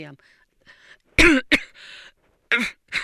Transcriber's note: she coughs